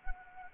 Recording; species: mosquito wingbeat signal from an infrared sensor; Anopheles arabiensis